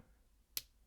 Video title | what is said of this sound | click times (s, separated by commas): Rolex Submariner 124060 vs WR4K Ironwatch RX8004-B 4K Watch Review | it's got a nice positive click and i absolutely love this | 0.6 s